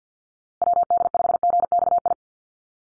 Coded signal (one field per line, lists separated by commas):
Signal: Morse code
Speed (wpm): 50 wpm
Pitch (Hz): 700 Hz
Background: none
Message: WD5GXI